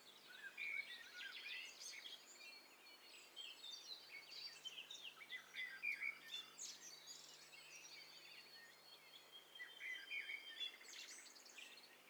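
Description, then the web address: Birds calling at once, a dense mix of high chirps overlapping throughout, with faint background hiss. "Hi Fi STEREO BIRD COCKTAIL PARTY Challenge"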